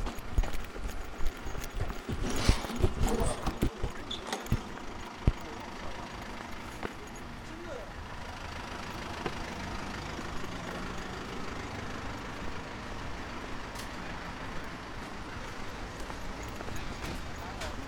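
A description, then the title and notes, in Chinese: A street scene on a university road, with passing vehicles and engine noise filling the low end. The first few seconds are busier, with sharp knocks and clatter and brief voices, then it settles into a steadier traffic hum with occasional clicks. 大学路。天气冷了。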